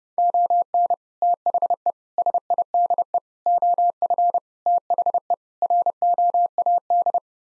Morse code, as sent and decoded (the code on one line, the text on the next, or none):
--- -. / - .... . / ... .. -.. . / --- ..-. / - .... . / .-. --- .- -..
ON THE SIDE OF THE ROAD